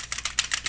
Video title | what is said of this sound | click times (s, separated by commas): Power Rangers Super Zeo Megazord Review | Surprisingly, there's actually a click. | 0.3 s, 0.4 s